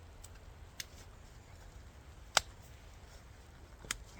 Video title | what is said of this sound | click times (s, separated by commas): EP 6 - Autumn/winter camping sleep system | they just click into place like that. | 2.4 s, 3.9 s